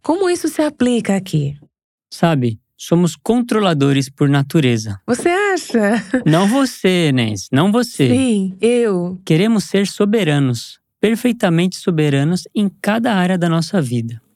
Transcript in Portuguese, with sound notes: Como isso se aplica aqui?
Sabe, somos controladores por natureza.
Você acha?! (risos)
Não você, Nancy! Não, não você.
Sim, eu!
Queremos ser soberanos, perfeitamente soberanos em cada área de nossa vida.